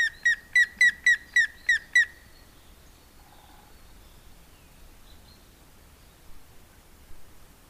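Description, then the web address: Grey-headed woodpecker calling a run of clear whistled notes over about two seconds, evenly spaced, then quiet. "agykontroll Madardalok Cd 1. Hamvas küllő"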